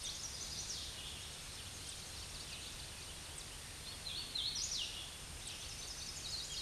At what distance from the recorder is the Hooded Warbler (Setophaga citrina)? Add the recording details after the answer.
about 15 m. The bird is about 10 m above the microphone. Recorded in a Pennsylvania forest on 16 May 2024 at 08:20. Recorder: AudioMoth, point MSD-2163. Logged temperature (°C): 16.1 °C. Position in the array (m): 175 m, 126 m